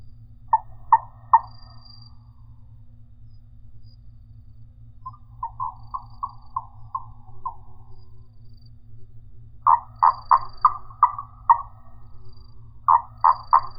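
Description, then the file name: Marsupial frog giving short runs of clucking, knocking notes, spaced by up to several seconds of quiet over a faint low hum. "Gastrotheca ovifera"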